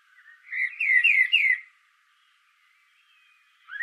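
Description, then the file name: Common blackbird song phrase of four quick, mellow, down-slurred whistles in a row, then silence and a short rising note. "Turdus merula"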